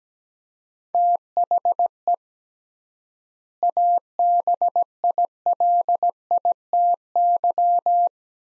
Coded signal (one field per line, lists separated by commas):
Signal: Morse code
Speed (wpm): 17 wpm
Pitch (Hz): 700 Hz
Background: none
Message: THE ABILITY